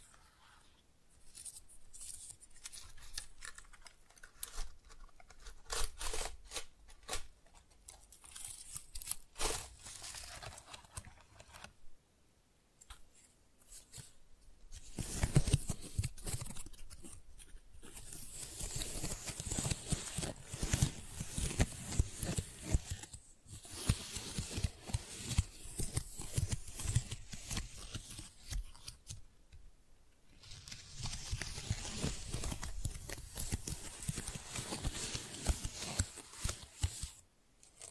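Tingly flower sounds: crisp rustling and crinkling in dense bursts, sparse clicks early, then fuller stretches from about 15 seconds with brief pauses.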